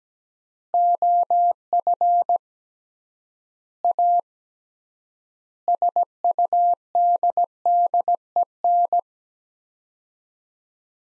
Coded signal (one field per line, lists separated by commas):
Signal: Morse code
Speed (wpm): 17 wpm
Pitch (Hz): 700 Hz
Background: none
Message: OF A SUDDEN